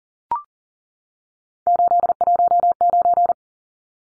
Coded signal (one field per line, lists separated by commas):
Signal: Morse code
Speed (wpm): 40 wpm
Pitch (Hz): 700 Hz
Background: none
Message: 819